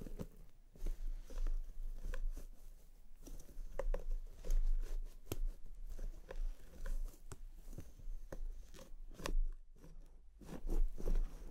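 Hair being brushed and a scalp massaged, heard as a steady run of soft scratchy strokes and rubbing with brief quiet gaps. Short crisp snips and crunches come every half second or so, some sharper bursts near nine to eleven seconds, over a low constant hum.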